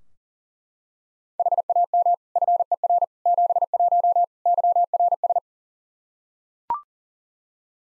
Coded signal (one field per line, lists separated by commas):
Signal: Morse code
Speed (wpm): 40 wpm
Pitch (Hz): 700 Hz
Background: none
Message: HAM FER 71 YRS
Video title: Practice QSO - Exchange 3- More Info - 40wpm